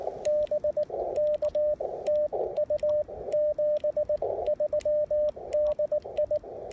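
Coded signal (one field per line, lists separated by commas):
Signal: Morse code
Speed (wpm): 18 wpm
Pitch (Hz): 590 Hz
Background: radio noise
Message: BK TU 73 DI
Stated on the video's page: Park activation with an Icom IC-705 in gusty winds.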